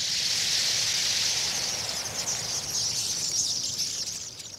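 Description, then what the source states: Tree swallows en masse, a thick, continuous, high wash of sound that eases slightly toward the end. Autumn roosting flock of up to 300,000 tree swallows at dusk in marsh reeds on Goose Island near Old Lyme, Connecticut River, USA; soon to migrate south for the winter.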